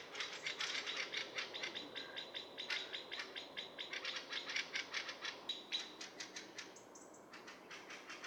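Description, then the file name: Eurasian blackbird producing a dense, rattling chatter of clicking notes, fast and almost continuous, with brief high whistles near the end. "Turdus merula"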